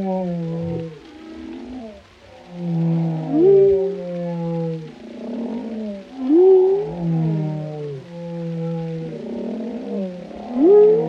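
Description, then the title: Repeated whale song phrases: layered descending moans over a low hum, each ending in a quick upward sweep, about every three seconds. Whale vocalizations including moans, resonant calls and songs, for relaxation. "Soothing Symphony of the Deep: Captivating Whale Sounds for Relaxation"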